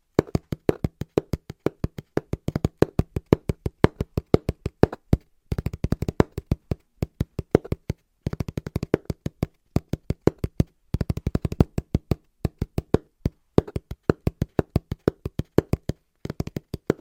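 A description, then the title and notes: Fingers tap quickly on a cardboard box in dry bursts of rhythmic patter, each hit a hollow, mid-low knock. The tapping runs in clusters separated by brief silent gaps, near 5.5, 8 and 11 seconds, with no other sounds. ASMR Tapping (Fast & Rhythmic) On Cardboard Box (No Talking).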